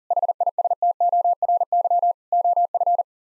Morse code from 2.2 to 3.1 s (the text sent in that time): OF